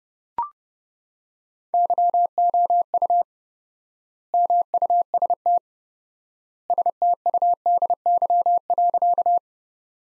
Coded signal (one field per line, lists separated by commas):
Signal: Morse code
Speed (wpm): 30 wpm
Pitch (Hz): 700 Hz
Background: none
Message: YOU MUST STUDY.